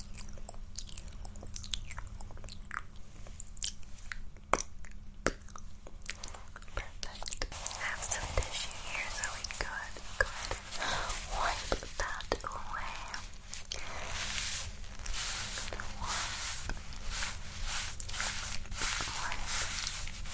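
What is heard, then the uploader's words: Mouth sounds and quick tapping layered over a steady low hum, growing busier and brighter after the first seven seconds. ASMR Applying Lipstick On You For Tingle Immunity (Tapping, Mouth Sounds, Layered Sounds).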